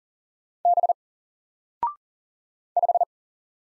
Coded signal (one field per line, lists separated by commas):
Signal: Morse code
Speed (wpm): 40 wpm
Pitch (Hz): 700 Hz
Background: none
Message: B 5